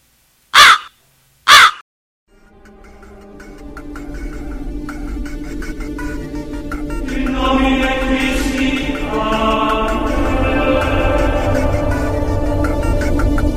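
Two harsh, loud crow caws ring out in quick succession, followed by a swelling wash of layered tonal sound that builds and sustains to the end.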